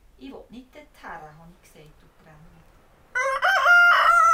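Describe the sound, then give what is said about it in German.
A person speaks briefly, then a rooster in the Swiss Alps lets out a loud, drawn-out crow, its bright, strained call rising and wavering before it breaks off. “Der Hahn kräht vergeblich.”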